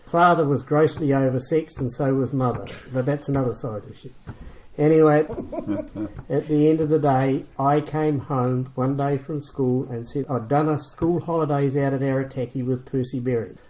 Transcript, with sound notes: Father was grossly oversexed and so was Mother, [quiet chuckle] but that’s another side issue. Anyway, [chuckle] at the end of the day, I came home one day from school and said, “I’ve done a school holidays out at Arataki with Percy Berry.”